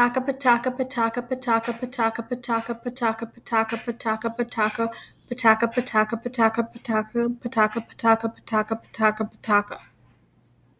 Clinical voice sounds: repeated syllables /pa ta ka/; female; 30 to 39 years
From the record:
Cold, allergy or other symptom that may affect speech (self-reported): no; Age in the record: 36 years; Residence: South Carolina, United States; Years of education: 16

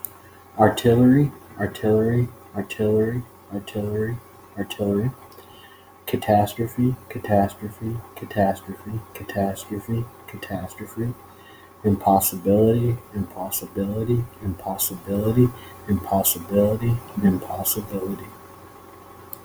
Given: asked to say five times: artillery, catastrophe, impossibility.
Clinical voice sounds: three words, each repeated; male; 30 to 39 years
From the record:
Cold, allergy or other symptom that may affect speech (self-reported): no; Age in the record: 37 years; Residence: Texas, United States

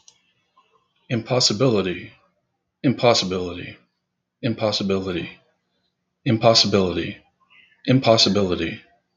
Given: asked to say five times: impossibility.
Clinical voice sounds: repeated word; male; 50 to 59 years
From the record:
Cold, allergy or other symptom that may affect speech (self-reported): no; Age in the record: 59 years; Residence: Kansas, United States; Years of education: 14

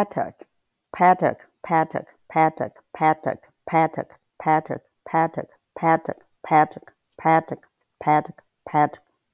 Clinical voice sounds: repeated syllables /pa ta ka/; female; 50 to 59 years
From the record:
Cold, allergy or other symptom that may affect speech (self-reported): no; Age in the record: 58 years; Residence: Virginia, United States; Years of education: 22

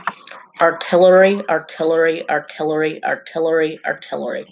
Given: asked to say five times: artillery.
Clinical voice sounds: repeated word; female; 40 to 49 years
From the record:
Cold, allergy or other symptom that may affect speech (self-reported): no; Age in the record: 45 years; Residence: Pennsylvania, United States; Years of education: 17

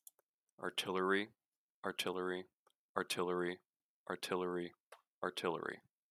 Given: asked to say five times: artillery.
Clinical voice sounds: repeated word; male; 20 to 29 years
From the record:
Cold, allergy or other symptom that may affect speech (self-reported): no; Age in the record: 23 years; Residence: New Hampshire, United States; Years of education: 17

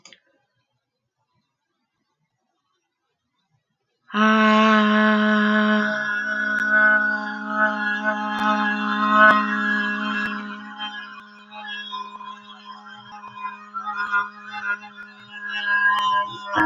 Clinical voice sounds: vowel held as long as possible; female; 30 to 39 years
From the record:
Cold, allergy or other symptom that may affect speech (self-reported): no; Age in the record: 39 years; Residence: Texas, United States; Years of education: 14

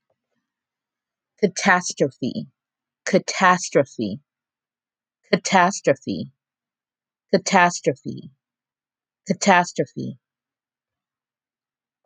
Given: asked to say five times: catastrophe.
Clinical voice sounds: repeated word; female; 30 to 39 years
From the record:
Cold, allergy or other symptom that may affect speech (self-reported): no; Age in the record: 33 years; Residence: New Jersey, United States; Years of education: 13

